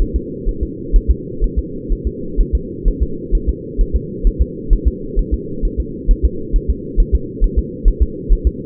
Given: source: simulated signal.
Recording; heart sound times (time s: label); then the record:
fetal heart sounds
0.02 s: S1
0.16 s: S2
0.49 s: S1
0.63 s: S2
0.96 s: S1
1.11 s: S2
1.44 s: S1
1.59 s: S2
1.92 s: S1
2.07 s: S2
2.41 s: S1
2.55 s: S2
2.88 s: S1
3.03 s: S2
3.35 s: S1
3.49 s: S2
3.81 s: S1
3.96 s: S2
4.27 s: S1
4.42 s: S2
4.73 s: S1
4.88 s: S2
5.19 s: S1
5.34 s: S2
5.65 s: S1
5.80 s: S2
6.11 s: S1
6.25 s: S2
6.56 s: S1
6.70 s: S2
7.00 s: S1
7.15 s: S2
7.44 s: S1
7.59 s: S2
7.88 s: S1
8.03 s: S2
8.33 s: S1
8.47 s: S2
From the record:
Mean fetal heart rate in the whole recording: 130 bpm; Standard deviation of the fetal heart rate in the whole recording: 2 bpm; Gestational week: 38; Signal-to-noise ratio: -4.3 dB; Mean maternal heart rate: 72 bpm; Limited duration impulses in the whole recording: absent